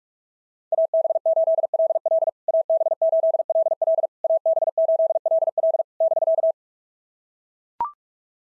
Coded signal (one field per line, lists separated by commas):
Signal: Morse code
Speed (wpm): 41 wpm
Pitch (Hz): 660 Hz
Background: none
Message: AB8LL AB8LL AB8LL <BK>